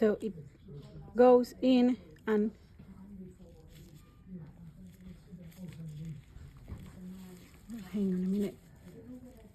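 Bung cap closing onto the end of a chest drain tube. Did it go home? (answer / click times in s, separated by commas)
no / none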